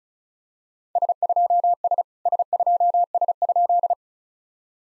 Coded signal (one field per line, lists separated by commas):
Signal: Morse code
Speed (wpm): 35 wpm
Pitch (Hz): 700 Hz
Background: none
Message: S2S S2S?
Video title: SOTA QSO Practice 35wpm